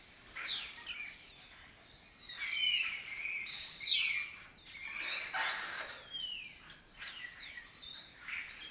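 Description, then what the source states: Lesser kestrel calling: rasping chattered notes bunched in quick runs, with fainter downslurred calls around. Colony breeding in an abandoned house complex in Doñana; migratory raptor that forages in West Africa and breeds in southern Europe.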